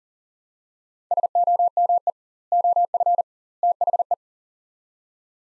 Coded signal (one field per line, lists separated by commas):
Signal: Morse code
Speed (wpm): 40 wpm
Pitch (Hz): 700 Hz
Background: none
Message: SOME OF THE